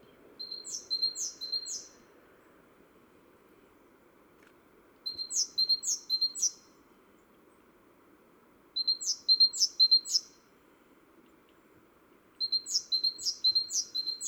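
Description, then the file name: Great tit calling in four short bursts, each of about three crisp phrases pairing quick high ticks with a falling note, with quiet gaps between bursts. "Parus major"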